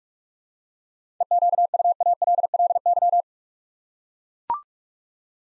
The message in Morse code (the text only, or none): EQUALLY